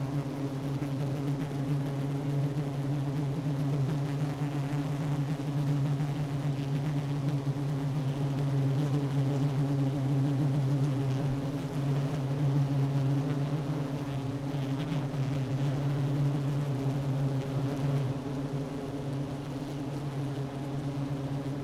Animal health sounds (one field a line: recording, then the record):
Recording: honeybee colony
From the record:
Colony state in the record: active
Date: 12 June 2018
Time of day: 10:54